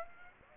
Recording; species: mosquito wingbeat signal from an infrared sensor; Aedes aegypti